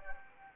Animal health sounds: mosquito wingbeat signal from an infrared sensor; Anopheles gambiae

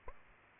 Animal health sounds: mosquito wingbeat signal from an infrared sensor; Aedes aegypti

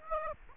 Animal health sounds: mosquito wingbeat signal from an infrared sensor; Aedes aegypti

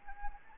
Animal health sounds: mosquito wingbeat signal from an infrared sensor; Anopheles arabiensis

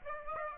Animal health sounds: mosquito wingbeat signal from an infrared sensor; Aedes aegypti

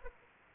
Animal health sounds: mosquito wingbeat signal from an infrared sensor; Anopheles arabiensis

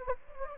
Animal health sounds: mosquito wingbeat signal from an infrared sensor; Anopheles gambiae

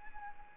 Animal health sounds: mosquito wingbeat signal from an infrared sensor; Anopheles arabiensis

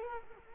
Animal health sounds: mosquito wingbeat signal from an infrared sensor; Culex quinquefasciatus

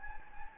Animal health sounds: mosquito wingbeat signal from an infrared sensor; Anopheles gambiae

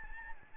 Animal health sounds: mosquito wingbeat signal from an infrared sensor; Aedes albopictus

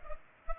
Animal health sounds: mosquito wingbeat signal from an infrared sensor; Culex pipiens

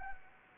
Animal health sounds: mosquito wingbeat signal from an infrared sensor; Anopheles gambiae

